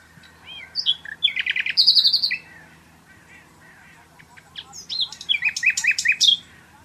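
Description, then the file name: Common nightingale song: two loud varied phrases mixing whistles, buzzy trills and fast repeated notes, separated by a short pause. "Luscinia megarhynchos"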